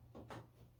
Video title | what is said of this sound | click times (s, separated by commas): How to Install a Ceiling Fan | push it straight on up and it locks into place | 0.3 s